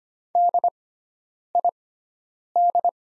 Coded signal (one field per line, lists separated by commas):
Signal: Morse code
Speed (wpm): 25 wpm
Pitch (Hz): 700 Hz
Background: none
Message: DID